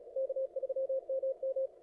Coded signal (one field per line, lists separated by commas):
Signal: Morse code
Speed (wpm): 35 wpm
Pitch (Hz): 530 Hz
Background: none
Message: K3MM